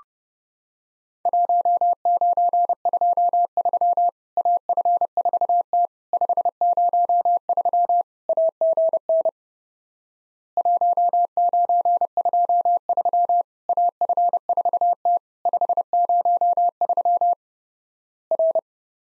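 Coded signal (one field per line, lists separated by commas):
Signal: Morse code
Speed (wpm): 30 wpm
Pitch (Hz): 700 Hz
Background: none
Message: 1923 AF4T 503 AGN 1923 AF4T 503 R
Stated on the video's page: Worked All Europe DX CW contest QTC exchange practice at 30wpm, with random repeat requests; each exchange sent, spoken, then sent again.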